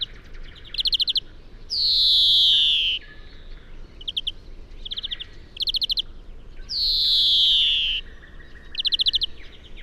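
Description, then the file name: European greenfinch song, with two long descending nasal wheezes separated by quick chattering trills, the pattern repeating twice in about ten seconds. "Chloris chloris"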